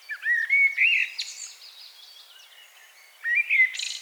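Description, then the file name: Common blackbird giving a low fluted phrase with a brief high scratchy tail, then a pause, then a new warbled phrase ending in a hissy squeak. "Turdus merula"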